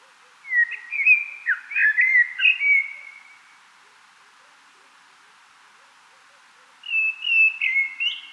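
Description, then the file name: Common blackbird song: a long, varied warbling phrase of mellow whistles, then after a pause a second fluted phrase begins near the end. "Turdus merula"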